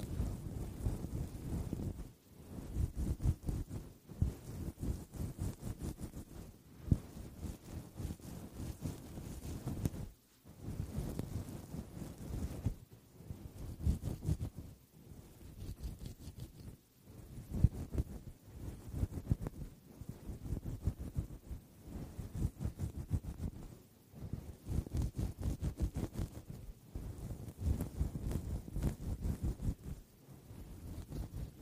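Scratching and brushing against a foam microphone cover make a dense, rough rustle, heaviest in the low end. The scraping comes in bursts a few seconds long, cut by short silent gaps around every two to three seconds, with no talking throughout.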